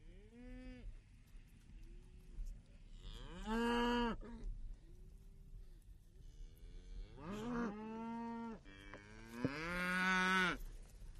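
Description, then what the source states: Cows mooing: several drawn-out, deep lowing calls, some rising and strained, spaced a few seconds apart over a low steady background rumble. Field of cows grazing.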